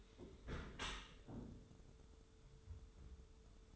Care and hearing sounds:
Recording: daily activity, microphone in the room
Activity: close dishwasher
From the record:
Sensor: 3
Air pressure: 1015.0 hPa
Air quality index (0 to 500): 31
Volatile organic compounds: 1 ppm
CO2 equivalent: 539 ppm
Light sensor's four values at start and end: 11/26/11/11 and 11/26/11/10

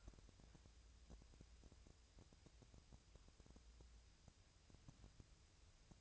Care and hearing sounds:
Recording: daily activity, microphone in the room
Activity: wipe stove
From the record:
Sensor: 2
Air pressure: 1001.4 hPa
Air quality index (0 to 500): 225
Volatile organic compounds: 24 ppm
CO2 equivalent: 2824 ppm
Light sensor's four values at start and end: 7/26/10/9 and 7/26/10/9

